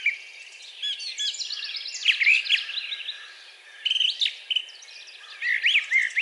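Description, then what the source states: Brown thrasher in song, short phrases of rising slurs and buzzy notes strung together, with a brief lull midway before resuming. Recorded on 4 June 2020.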